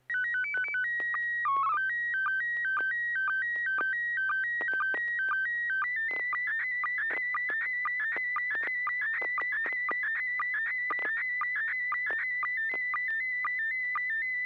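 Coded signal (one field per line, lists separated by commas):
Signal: SSTV (slow-scan television)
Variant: PD 120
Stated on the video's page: SSTV images exchanged on a weekly amateur net via an FM repeater on 441.300 MHz in Sacramento, sent with MMSSTV software.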